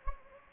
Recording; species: mosquito wingbeat signal from an infrared sensor; Anopheles gambiae